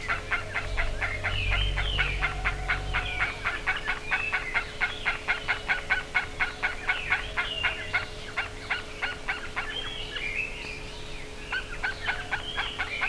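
Bird gives rapid, repeated sharp calls running throughout, with scattered higher whistled and rising notes over a steady hum.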